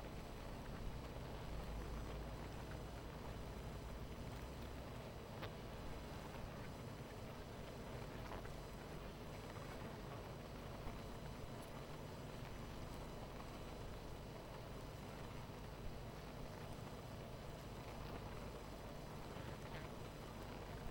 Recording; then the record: honeybee colony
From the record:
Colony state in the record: missing queen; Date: 14 July 2017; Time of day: 19:10